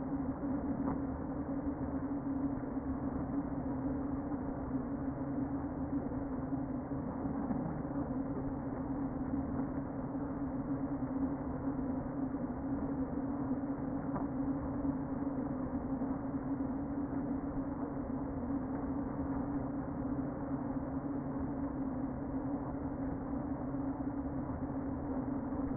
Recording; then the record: honeybee colony, microphone inside the hive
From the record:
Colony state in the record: queen present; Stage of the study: before two queens were removed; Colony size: about 60,000 bees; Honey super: yes